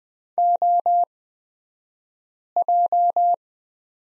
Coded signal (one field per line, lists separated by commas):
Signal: Morse code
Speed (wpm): 20 wpm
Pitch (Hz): 700 Hz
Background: none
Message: OJ